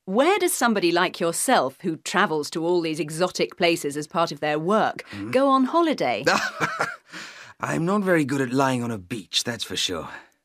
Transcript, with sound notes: where does somebody like yourself, who travels to all these exotic places as part of their work, go on holiday?
(laughs) I’m not very good at lying on a beach – that’s for sure.